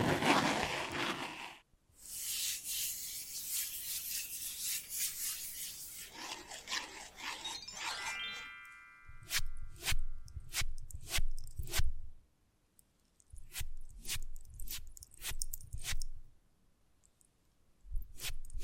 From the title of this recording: Invisible Tapping, Scratching, Tracing